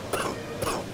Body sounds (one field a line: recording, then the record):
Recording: coughing mixed with background sound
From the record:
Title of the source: Coughing 79